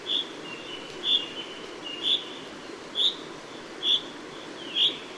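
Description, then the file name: Common chaffinch calling with brief bright notes, each repeated roughly every second, six in all over steady low hiss. "Fringilla coelebs"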